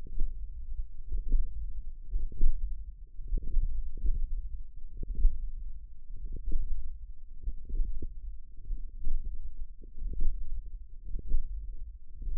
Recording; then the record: forearm muscle sounds (acoustic myography)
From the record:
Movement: hand closing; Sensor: system 1, eight BSWA MPA416 microphones around the upper forearm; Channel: 6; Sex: female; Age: 20 years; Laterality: right